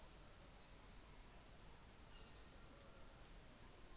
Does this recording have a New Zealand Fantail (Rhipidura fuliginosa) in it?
no